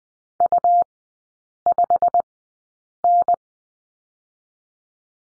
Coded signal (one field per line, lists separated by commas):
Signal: Morse code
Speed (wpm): 20 wpm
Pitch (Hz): 700 Hz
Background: none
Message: U5N